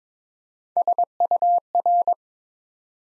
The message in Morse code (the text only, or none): SUR